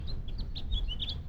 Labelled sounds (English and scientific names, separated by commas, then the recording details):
House Finch (Haemorhous mexicanus) song
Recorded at Lynbrook on Long Island, New York, on 17 June 1975
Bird D